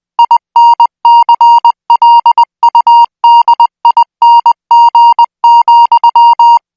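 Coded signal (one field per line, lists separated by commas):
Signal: Morse code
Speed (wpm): 20 wpm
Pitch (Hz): 940 Hz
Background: music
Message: INCLUDING,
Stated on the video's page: Morse practice signal at 20 words per minute, made for military signal school training.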